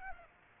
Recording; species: mosquito wingbeat signal from an infrared sensor; Aedes aegypti